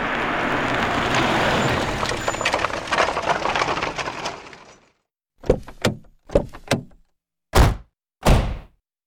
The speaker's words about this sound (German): Die Frau parkt das Auto direkt vor meinem Haus.